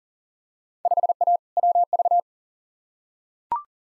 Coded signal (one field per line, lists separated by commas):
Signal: Morse code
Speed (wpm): 40 wpm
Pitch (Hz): 700 Hz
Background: none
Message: 5A WV